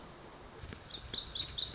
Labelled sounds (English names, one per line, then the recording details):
Lazuli Bunting
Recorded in Sonoma County, California